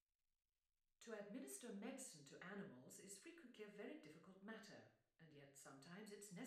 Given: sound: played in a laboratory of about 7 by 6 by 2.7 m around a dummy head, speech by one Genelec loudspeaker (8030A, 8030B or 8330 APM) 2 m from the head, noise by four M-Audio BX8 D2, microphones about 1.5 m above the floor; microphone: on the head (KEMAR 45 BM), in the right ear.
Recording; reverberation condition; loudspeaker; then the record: female speech in English; medium; 150 degrees to the right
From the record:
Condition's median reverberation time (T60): about 510 ms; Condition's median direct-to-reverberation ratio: about -0.5 dB